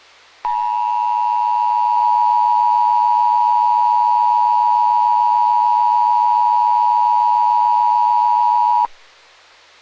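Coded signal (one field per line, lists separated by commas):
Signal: Emergency Alert System (SAME) tones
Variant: 853 and 960 Hz attention tone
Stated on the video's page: Mock EAS scenario, not based on real events.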